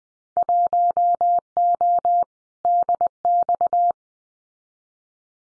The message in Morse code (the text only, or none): 1O DX